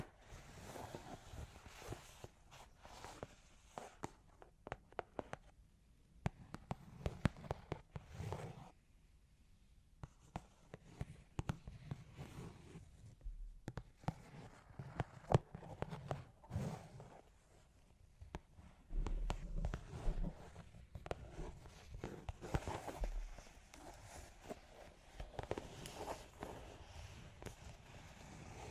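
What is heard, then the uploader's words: Claws tap and scratch in quick, irregular clicks across most of the 29 seconds, with sharp ticks clustering densely at times and thinning out around 8 to 10 seconds. A soft low rumble and scuffing sit underneath, swelling again near 19 seconds. Long Claws Tapping and Scratching (No Talking).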